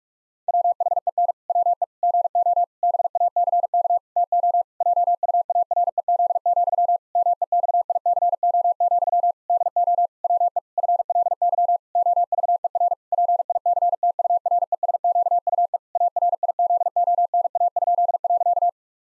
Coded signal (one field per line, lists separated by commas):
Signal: Morse code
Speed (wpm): 46 wpm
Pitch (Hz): 700 Hz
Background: none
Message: WHEN WE GO BACK TO JUAREZ, MEXICO, DO WE FLY OVER PICTURESQUE ARIZONA?.